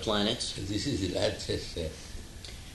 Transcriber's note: chuckling